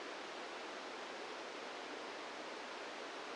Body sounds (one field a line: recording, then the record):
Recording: brain microelectrode recording played as sound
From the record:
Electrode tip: outside the subthalamic nucleus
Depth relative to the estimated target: 1 mm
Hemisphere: right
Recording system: NeuroSet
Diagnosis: Parkinson's disease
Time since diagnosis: 17 years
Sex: male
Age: 64 years